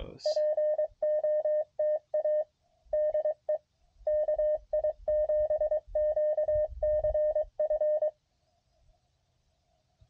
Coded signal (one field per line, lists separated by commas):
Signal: Morse code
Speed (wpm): 22 wpm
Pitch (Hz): 610 Hz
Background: speech, radio noise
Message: POTA DE KI7QCF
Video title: CW POTA Activation On The Mountain Topper